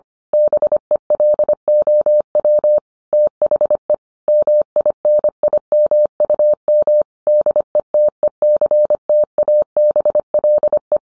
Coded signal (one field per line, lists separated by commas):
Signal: Morse code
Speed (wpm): 25 wpm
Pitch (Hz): 600 Hz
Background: none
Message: BELOW THE MINIMUM DETECTABLE